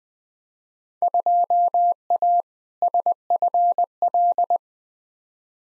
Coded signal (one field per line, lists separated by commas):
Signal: Morse code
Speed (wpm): 21 wpm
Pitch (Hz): 700 Hz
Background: none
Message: 2A SFL